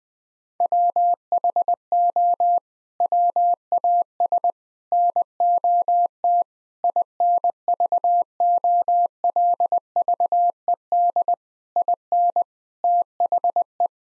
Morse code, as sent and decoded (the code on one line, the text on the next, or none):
.-- .... --- / .-- .- ... / -. --- - / .. -. ...- --- .-.. ...- . -.. / .. -. / - .... .
WHO WAS NOT INVOLVED IN THE